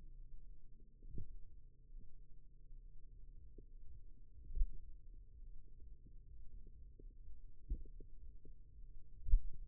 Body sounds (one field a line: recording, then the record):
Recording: forearm muscle sounds (acoustic myography)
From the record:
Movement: finger pinch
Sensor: system 2, bracelet of six BSWA MPA416 microphones around the upper forearm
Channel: 3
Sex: male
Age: 22 years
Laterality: right